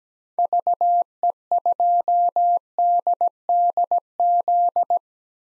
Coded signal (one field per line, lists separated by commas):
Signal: Morse code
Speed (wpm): 17 wpm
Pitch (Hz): 700 Hz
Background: none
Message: VE2DDZ